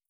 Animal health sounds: hydrophone in a shrimp aquaculture tank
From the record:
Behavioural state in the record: feeding

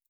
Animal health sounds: hydrophone in a shrimp aquaculture tank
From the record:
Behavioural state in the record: stressed

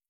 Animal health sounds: hydrophone in a shrimp aquaculture tank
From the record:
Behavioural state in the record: starved

